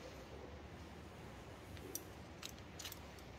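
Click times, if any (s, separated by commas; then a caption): 2.0 s. During a reseal of a Case 621 wheel loader's bucket hydraulic cylinder, a metal retaining ring, likely a snap ring, is worked back into its groove in the cylinder gland over a low, steady background hum. A sharp metallic snap at 1.96 s marks the ring seating in the groove, followed by fainter ticks around 2.5 s and 2.8–2.9 s.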